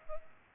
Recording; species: mosquito wingbeat signal from an infrared sensor; Culex pipiens